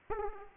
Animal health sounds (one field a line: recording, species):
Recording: mosquito wingbeat signal from an infrared sensor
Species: Aedes aegypti